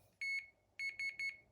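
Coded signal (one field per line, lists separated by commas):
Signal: beep code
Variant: FM2M Toolbox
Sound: one longer high beep, a pause, then three quick short beeps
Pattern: 1 long, 3 short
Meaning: Throttle is in an unsafe position, so the model cannot be armed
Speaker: throttle is one long beep and three beeps short beeps you can check it pressing now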